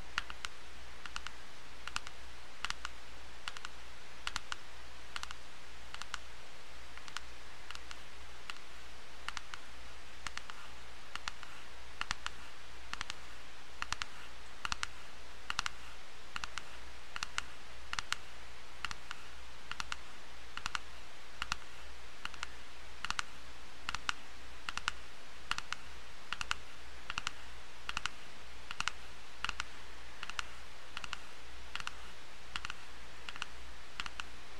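Crisp tapping on a hard surface, with sharp bright clicks landing at a steady pace of two or three per second for the whole stretch. A faint low hum sits underneath, and there is no talking.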